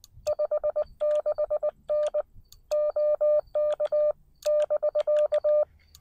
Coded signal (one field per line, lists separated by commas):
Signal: Morse code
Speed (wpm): 19 wpm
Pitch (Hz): 600 Hz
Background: none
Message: 56N OK <BK>